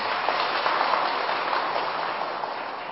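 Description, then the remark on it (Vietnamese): Buddhist followers at a morning dharma gathering clap steadily for about three seconds before a teaching, a dense, even patter of many hands with no voices over it, tapering only slightly toward the end. “Nên vào buổi sáng nay, trước khi chia sẻ giáo lý, xin quý vị Phật tử chúng ta tán thán cho một tràng pháo tay.”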